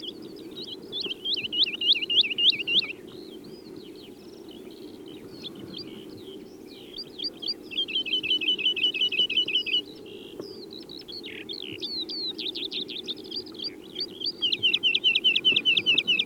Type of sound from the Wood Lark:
call